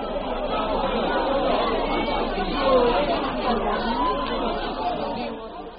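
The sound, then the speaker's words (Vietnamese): A noisy crowd of work teams returning from work to a camp and bustling over their meal, many voices chattering at once, a steady, dense babble with no single speaker standing out, rising slightly in the middle before settling. “Những tiếng ầm ầm xôn xao, tôi bò dậy, các toán đi làm về, đầy buồn ồn ào cơm nước.”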